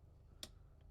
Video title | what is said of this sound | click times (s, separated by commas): How to Use: Olympus OM-1 - Kamerastore | there you go there's a click and then the lens is secured in place it's locked | 0.4 s